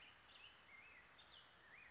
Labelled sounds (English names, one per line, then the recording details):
Black-headed Grosbeak
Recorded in Sonoma County, California